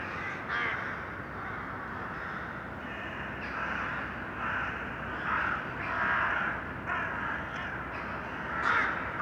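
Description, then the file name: Crow caws, hoarse and spaced every second or two, against constant low background noise. Urban crows. "Detunized - Urban Crows"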